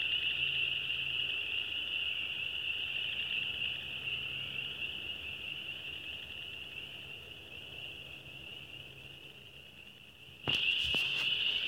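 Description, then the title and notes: Tree frog chorus, a steady high-pitched trilling drone that slowly softens, then returns abruptly louder near the end with a few sharp clicks. "Tree Frogs by Christie Mullen"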